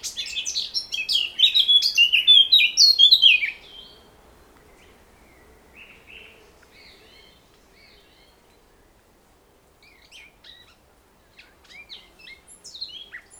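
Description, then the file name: Eurasian blackcap singing a loud, hurried warbling phrase of mixed chattering and fluty notes for over three seconds, then quiet with scattered faint high chips. "Sylvia atricapilla"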